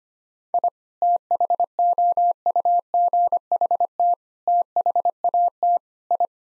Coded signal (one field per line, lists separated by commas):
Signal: Morse code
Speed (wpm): 25 wpm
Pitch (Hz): 700 Hz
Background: none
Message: I THOUGHT THAT I